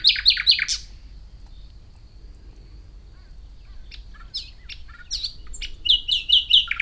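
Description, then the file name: Common nightingale song: a loud pulsed trill opens, a long quiet pause follows, then varied chirps and a fast run of repeated ringing notes. "Luscinia megarhynchos"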